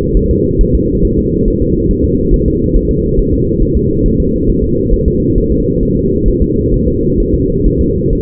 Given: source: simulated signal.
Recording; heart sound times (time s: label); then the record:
fetal heart sounds
0.17 s: S1
0.31 s: S2
0.61 s: S1
0.75 s: S2
1.05 s: S1
1.19 s: S2
1.48 s: S1
1.62 s: S2
1.91 s: S1
2.05 s: S2
2.34 s: S1
2.48 s: S2
2.77 s: S1
2.91 s: S2
3.20 s: S1
3.34 s: S2
3.63 s: S1
3.77 s: S2
4.06 s: S1
4.20 s: S2
4.50 s: S1
4.64 s: S2
4.94 s: S1
5.08 s: S2
5.38 s: S1
5.52 s: S2
5.83 s: S1
5.97 s: S2
6.28 s: S1
6.43 s: S2
6.74 s: S1
6.88 s: S2
7.20 s: S1
7.34 s: S2
7.67 s: S1
7.81 s: S2
8.13 s: S1
From the record:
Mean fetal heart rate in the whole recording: 135 bpm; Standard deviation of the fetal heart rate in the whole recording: 3 bpm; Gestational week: 36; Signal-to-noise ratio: -10.2 dB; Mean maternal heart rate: 72 bpm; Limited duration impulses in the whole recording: present